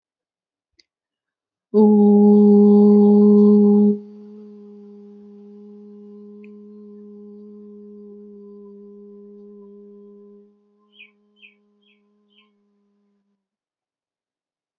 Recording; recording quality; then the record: sustained vowel as in boot; moderate, slight background noise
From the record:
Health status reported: healthy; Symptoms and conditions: none ticked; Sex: female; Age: 25 years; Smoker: not ticked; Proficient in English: yes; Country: India